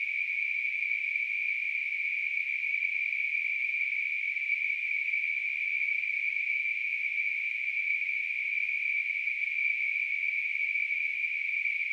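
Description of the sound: A steady, unbroken high-pitched hiss-like tone sits near 2 to 3 kHz, with no pulsing or breaks across about 12 seconds. It is a simulated tinnitus sound, mimicking the constant ringing or hissing some people hear in their ears.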